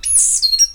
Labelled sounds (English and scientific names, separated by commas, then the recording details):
Stitchbird (Notiomystis cincta) song
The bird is a male
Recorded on Tiritiri Matangi Island, New Zealand, in 2005
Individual 10, of nest box 12